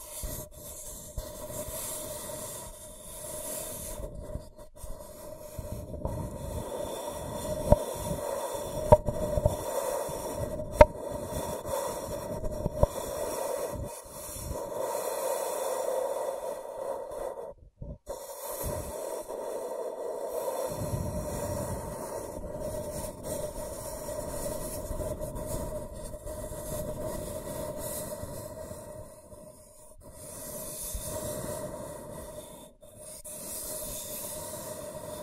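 Scratching and tracing across a surface, a continuous rough, grainy rasp with a steady pitched drone running underneath. Sharp ticks stand out near nine and eleven seconds, and the sound briefly cuts out around eighteen and thirty-three seconds before resuming.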